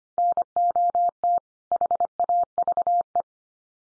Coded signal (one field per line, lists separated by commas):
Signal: Morse code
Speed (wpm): 25 wpm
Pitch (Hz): 700 Hz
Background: none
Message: NOT HAVE